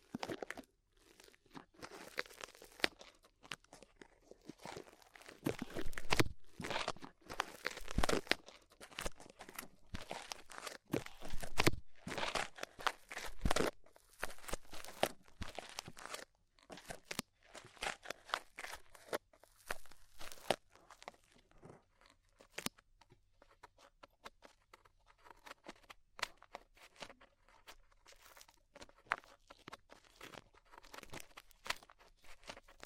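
Ear cleaning with rhinestone and clay removal: dense crunchy, crinkling scrapes in rapid bursts, loudest between five and fifteen seconds, then sparser.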